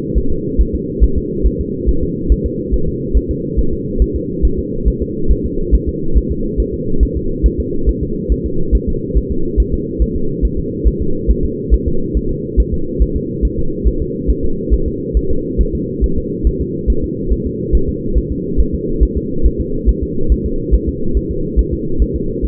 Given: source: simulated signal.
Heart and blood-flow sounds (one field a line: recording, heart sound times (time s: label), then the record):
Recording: fetal heart sounds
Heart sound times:
0.18 s: S1
0.32 s: S2
0.61 s: S1
0.75 s: S2
1.04 s: S1
1.18 s: S2
1.47 s: S1
1.61 s: S2
1.89 s: S1
2.03 s: S2
2.32 s: S1
2.46 s: S2
2.74 s: S1
2.88 s: S2
3.17 s: S1
3.31 s: S2
3.59 s: S1
3.73 s: S2
4.02 s: S1
4.16 s: S2
4.45 s: S1
4.59 s: S2
4.88 s: S1
5.02 s: S2
5.31 s: S1
5.46 s: S2
5.75 s: S1
5.89 s: S2
6.17 s: S1
6.32 s: S2
6.60 s: S1
6.74 s: S2
7.03 s: S1
7.17 s: S2
7.46 s: S1
7.60 s: S2
7.89 s: S1
8.03 s: S2
8.32 s: S1
8.46 s: S2
8.75 s: S1
8.89 s: S2
9.18 s: S1
9.32 s: S2
9.60 s: S1
9.74 s: S2
10.02 s: S1
10.16 s: S2
10.45 s: S1
10.59 s: S2
10.88 s: S1
11.02 s: S2
11.31 s: S1
11.45 s: S2
11.74 s: S1
11.88 s: S2
12.17 s: S1
12.31 s: S2
12.60 s: S1
12.74 s: S2
13.02 s: S1
13.17 s: S2
13.45 s: S1
13.59 s: S2
13.88 s: S1
14.02 s: S2
14.30 s: S1
14.45 s: S2
14.74 s: S1
14.88 s: S2
15.17 s: S1
15.31 s: S2
15.61 s: S1
15.75 s: S2
16.04 s: S1
16.18 s: S2
16.47 s: S1
16.61 s: S2
16.90 s: S1
17.04 s: S2
17.32 s: S1
17.47 s: S2
17.75 s: S1
17.89 s: S2
18.18 s: S1
18.32 s: S2
18.60 s: S1
18.74 s: S2
19.03 s: S1
19.17 s: S2
19.46 s: S1
19.60 s: S2
19.89 s: S1
20.03 s: S2
20.32 s: S1
20.46 s: S2
20.74 s: S1
20.89 s: S2
21.17 s: S1
21.31 s: S2
21.59 s: S1
21.73 s: S2
22.02 s: S1
22.16 s: S2
22.45 s: S1
From the record:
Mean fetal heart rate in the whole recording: 140 bpm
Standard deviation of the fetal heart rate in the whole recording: 2 bpm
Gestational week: 34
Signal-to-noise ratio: -8.1 dB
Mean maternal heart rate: 72 bpm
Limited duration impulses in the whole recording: absent